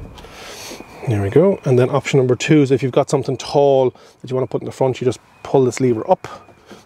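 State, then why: Not seated. In the cab of a Toyota PROACE City Electric van, someone talks while reaching for the lever on the folding front passenger seat, which folds to make room for tall cargo. Only speech and faint handling noise are heard. The seat latch has not yet locked in place, and nothing has seated or clicked.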